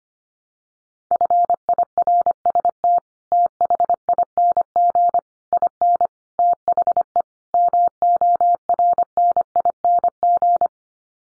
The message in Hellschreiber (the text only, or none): none